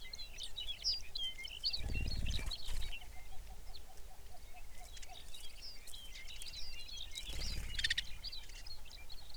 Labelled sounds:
songbird, grouse or ptarmigan, shorebird
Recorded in the Arctic National Wildlife Refuge, Alaska, on 23 May 2019 at 05:00
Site 49

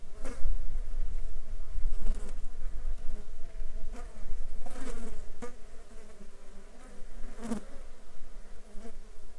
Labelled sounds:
wind, insects
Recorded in the Arctic National Wildlife Refuge, Alaska, on 7 July 2019 at 10:03
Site 35

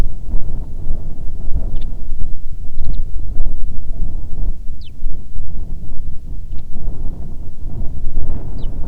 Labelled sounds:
songbird, wind
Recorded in the Prudhoe Bay oil fields, Alaska, on 7 August 2019 at 14:43
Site 17

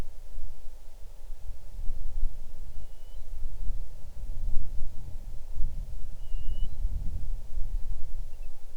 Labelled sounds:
bird, wind
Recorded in the Arctic National Wildlife Refuge, Alaska, on 6 July 2019 at 00:48
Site 39

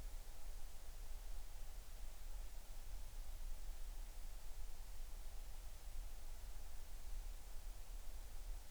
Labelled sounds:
near silence
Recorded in the Arctic National Wildlife Refuge, Alaska, on 20 July 2019 at 02:31
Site 38

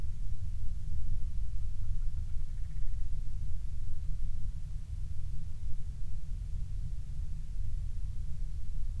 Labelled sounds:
grouse or ptarmigan
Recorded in the Prudhoe Bay oil fields, Alaska, on 12 July 2019 at 02:23
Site 16

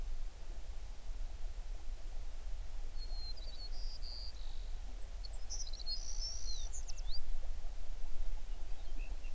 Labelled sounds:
songbird
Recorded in the Prudhoe Bay oil fields, Alaska, on 11 June 2019 at 05:37
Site 21

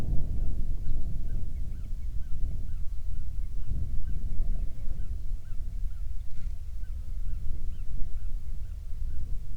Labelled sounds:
songbird, grouse or ptarmigan, wind, insects
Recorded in the Prudhoe Bay oil fields, Alaska, on 7 July 2019 at 00:00
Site 16

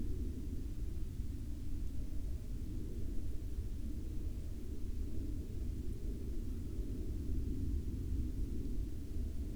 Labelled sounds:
aircraft
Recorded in the Prudhoe Bay oil fields, Alaska, on 11 May 2019 at 18:46
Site 11

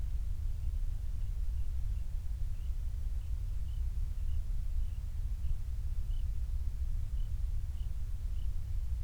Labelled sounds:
near silence
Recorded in the Prudhoe Bay oil fields, Alaska, on 28 July 2019 at 06:19
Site 25

